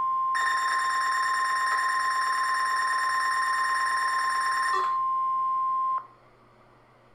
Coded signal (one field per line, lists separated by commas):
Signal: Emergency Alert System (SAME) tones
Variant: 1050 Hz attention tone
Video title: EAS #14: Another live voice